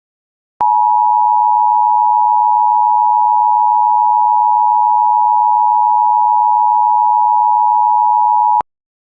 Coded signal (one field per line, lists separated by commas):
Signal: Emergency Alert System (SAME) tones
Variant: 853 and 960 Hz attention tone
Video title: [IPAWS EAS Archive] Lincoln, OR 9-1-1 Telephone Outage Emergency (02/01/2022)